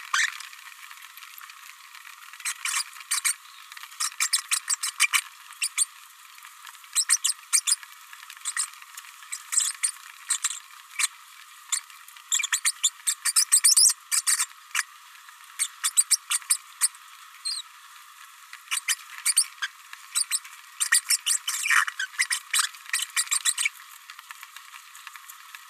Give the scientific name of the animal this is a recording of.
Forpus passerinus